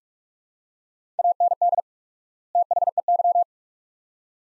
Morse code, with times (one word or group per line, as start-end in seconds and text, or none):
1.2-1.8 AND
2.5-3.4 THEY